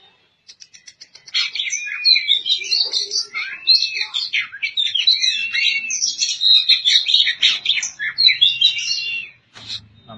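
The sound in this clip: Oriental magpie-robin song: a few soft ticks, then a dense, continuous stream of bright whistled notes, trills and scratchy chatter lasting about eight seconds.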